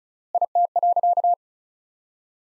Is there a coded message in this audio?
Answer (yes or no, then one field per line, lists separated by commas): yes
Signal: Morse code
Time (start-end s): 0.3-1.3 s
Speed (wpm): 36 wpm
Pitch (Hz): 700 Hz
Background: none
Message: IT.